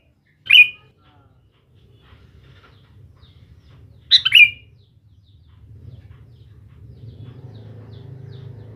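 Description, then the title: Sooty-headed bulbul song: two bubbly, chortling phrases about three and a half seconds apart, followed by a low droning hum. "Kutilang"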